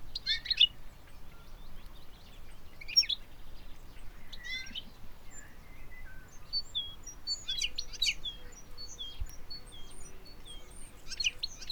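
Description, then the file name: European goldfinch twittering in scattered bursts of high chirps, with thin higher notes between them and a steady low outdoor rumble. "Carduelis carduelis"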